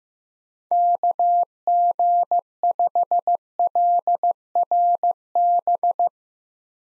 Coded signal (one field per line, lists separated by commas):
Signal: Morse code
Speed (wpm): 15 wpm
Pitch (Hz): 700 Hz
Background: none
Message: KG5LRB